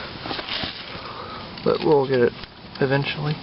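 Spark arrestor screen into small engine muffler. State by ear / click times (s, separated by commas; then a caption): not seated / none. A metal spark arrestor screen is angled and worked past the fins of a small engine muffler, lined up before being pushed home because it takes some angling. Faint scraping and rustling handling noises fill the first second and a half, then someone talks from about 1.6 s onward. Nothing has seated or clicked into place yet.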